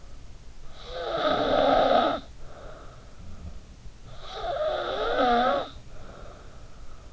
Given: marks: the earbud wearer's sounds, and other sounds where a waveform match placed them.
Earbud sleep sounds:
sounds in sleep by an in-ear microphone; snoring breath
0.56-3.56 s: snoring breath
3.94-7.13 s: snoring breath

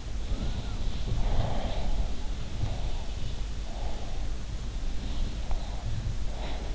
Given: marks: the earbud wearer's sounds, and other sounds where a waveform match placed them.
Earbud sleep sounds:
sounds in sleep by an in-ear microphone; breath
0.28-2.22 s: breath
2.44-4.67 s: breath
5.06-6.75 s: breath

